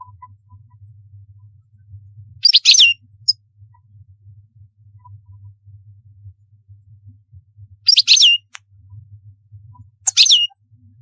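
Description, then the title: European goldfinch song: three short liquid downslurred notes spaced a few seconds apart, with a steady low hum beneath. "Chant Chardonneret"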